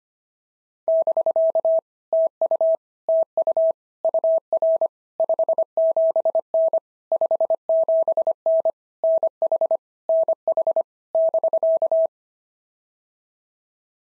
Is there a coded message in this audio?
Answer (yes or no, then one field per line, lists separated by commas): yes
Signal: Morse code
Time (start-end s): 0.9-12.1 s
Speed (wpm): 24 wpm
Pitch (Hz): 650 Hz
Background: none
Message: <BK> TU TU UR 57N 57N NH NH <BK>